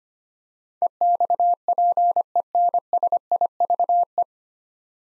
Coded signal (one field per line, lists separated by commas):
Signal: Morse code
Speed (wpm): 25 wpm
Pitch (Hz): 700 Hz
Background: none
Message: EXPENSIVE